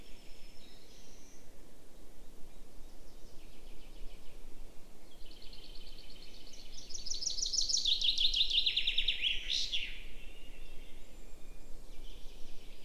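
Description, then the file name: Common chaffinch song: a bright rattling trill that falls in pitch, ending in a sharp flourish, over steady low rumble and faint other birds. "Fringilla coelebs"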